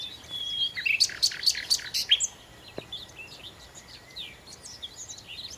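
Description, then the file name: Common nightingale song: a burst of rapid repeated loud notes, followed by softer scattered chirps. "Nachtigall"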